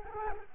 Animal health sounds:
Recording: mosquito wingbeat signal from an infrared sensor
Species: Culex quinquefasciatus

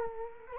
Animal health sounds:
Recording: mosquito wingbeat signal from an infrared sensor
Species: Culex quinquefasciatus

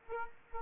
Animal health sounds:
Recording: mosquito wingbeat signal from an infrared sensor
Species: Aedes aegypti

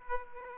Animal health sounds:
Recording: mosquito wingbeat signal from an infrared sensor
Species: Aedes aegypti

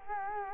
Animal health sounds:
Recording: mosquito wingbeat signal from an infrared sensor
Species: Culex quinquefasciatus

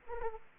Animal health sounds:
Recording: mosquito wingbeat signal from an infrared sensor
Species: Aedes aegypti

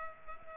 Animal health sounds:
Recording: mosquito wingbeat signal from an infrared sensor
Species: Culex pipiens

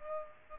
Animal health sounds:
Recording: mosquito wingbeat signal from an infrared sensor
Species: Aedes aegypti

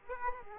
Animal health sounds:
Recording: mosquito wingbeat signal from an infrared sensor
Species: Aedes aegypti

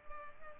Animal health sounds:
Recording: mosquito wingbeat signal from an infrared sensor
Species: Culex pipiens

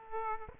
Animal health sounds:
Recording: mosquito wingbeat signal from an infrared sensor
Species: Aedes aegypti

